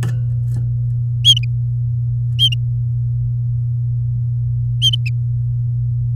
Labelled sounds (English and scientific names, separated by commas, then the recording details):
Domestic Canary (Serinus canaria) song
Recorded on 3 May 2018 at 17:14
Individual llb16